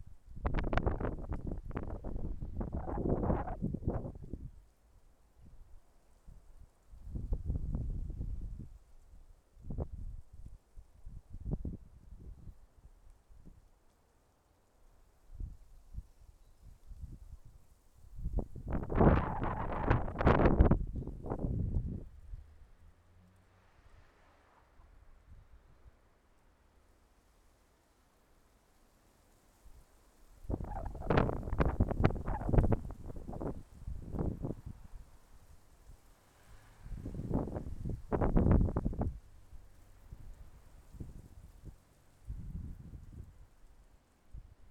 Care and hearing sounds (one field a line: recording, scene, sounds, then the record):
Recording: everyday scene through a hearing-aid microphone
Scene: wind on the microphone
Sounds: wind, traffic, birds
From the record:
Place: suburban garden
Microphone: behind the ear, left, front